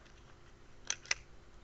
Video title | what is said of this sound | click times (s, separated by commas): Strike Industries FSA Side Folder Single vs Dual Comparison | All right, so unlocking, kind of cool. | 0.9 s, 1.1 s